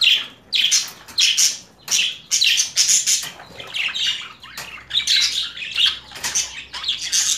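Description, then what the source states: Budgerigar calling: a steady string of sharp, scratchy chirps with warbled chatter running between them. Female budgerigar; mixed sounds.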